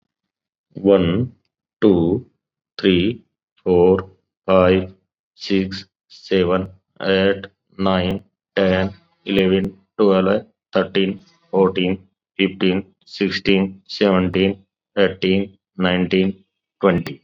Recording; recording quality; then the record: counting at a normal pace; excellent, no background noise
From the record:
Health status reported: COVID-19 positive, mild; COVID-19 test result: positive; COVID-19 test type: rapid antigen test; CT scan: not taken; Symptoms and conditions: cough, fever, fatigue, muscle pain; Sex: male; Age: 44 years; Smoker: no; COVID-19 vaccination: both doses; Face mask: worn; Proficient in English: yes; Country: India